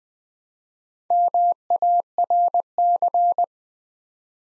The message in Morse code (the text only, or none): MARC